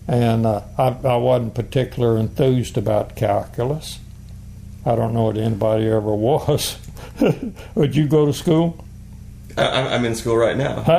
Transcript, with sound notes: and…I, I wasn’t particular enthused about calculus, I don’t know that anybody ever was. [Chuckling] Where did you go to school?
I, I’m in school right now.